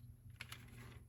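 A part is pushed into the plastic housing of a car door lock actuator during reassembly and clicks into place at 0.4 s, with a second softer tick at about 0.5 s. The part is confirmed seated in the housing.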